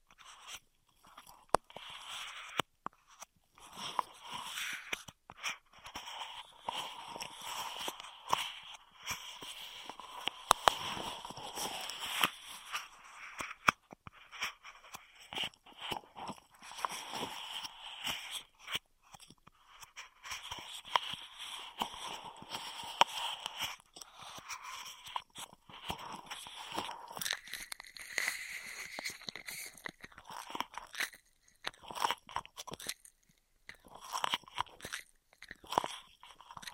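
Dense, crackly straw crinkling runs almost nonstop for the whole stretch, made of rapid scratchy crunches with a bright, papery edge. The rustling swells and eases in short bursts, with brief quiet gaps near 2, 14 and 25 seconds and a sharper flurry around 28 seconds.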